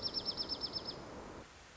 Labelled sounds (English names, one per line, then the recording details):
Dark-eyed Junco
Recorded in Sonoma County, California